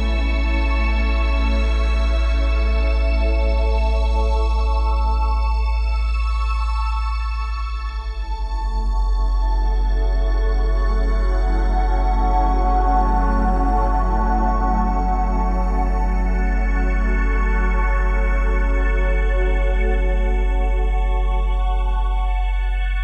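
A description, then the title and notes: A steady 432Hz solfeggio tone hums low and constant beneath layered sustained pitches that swell and shift gently, with a brief dip around eight seconds. Mindful Midnight Memories 432Hz Frequency. Solfeggio 432Hz frequency sleep sound.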